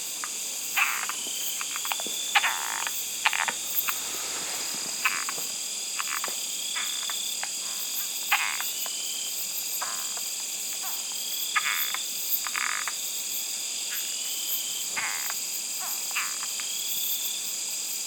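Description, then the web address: Frog croaks in short irregular bursts against a constant high-pitched drone. "Frogs World"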